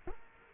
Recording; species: mosquito wingbeat signal from an infrared sensor; Culex quinquefasciatus